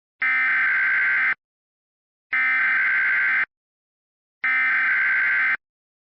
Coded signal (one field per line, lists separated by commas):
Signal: Emergency Alert System (SAME) tones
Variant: header bursts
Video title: EAS Scenario: An EAS Alert for Every NBA Team